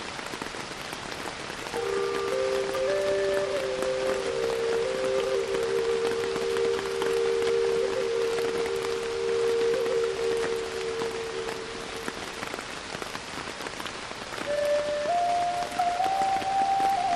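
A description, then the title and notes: A Native American flute plays slow, held notes over steady rain. The flute enters around two seconds, sustains low tones with small pitch steps until about twelve seconds, then returns higher near fifteen seconds. Rain patters densely and evenly throughout. Native American Flute and Rain. The wooden flute emits a mellow, enchanting tone, and its timbre is warm and earthy.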